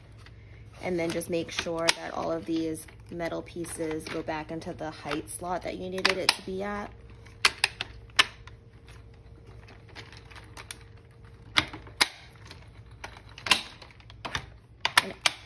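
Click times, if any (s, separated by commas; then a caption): 7.5 s, 8.2 s, 11.6 s, 12.0 s, 15.0 s. Someone talks while pulling up the seat of a baby walker, then the metal height-adjustment pieces are pushed back into the chosen height slots of the walker frame. Sharp clicks are heard at 7.5, 8.2, 11.6, 12.0 and 15.0 seconds as each piece seats, showing the walker is assembled properly.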